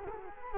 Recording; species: mosquito wingbeat signal from an infrared sensor; Culex quinquefasciatus